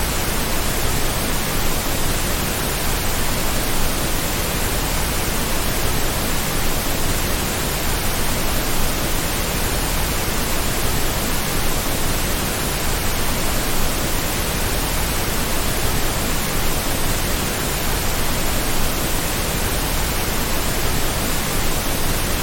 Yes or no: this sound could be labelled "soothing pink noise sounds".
yes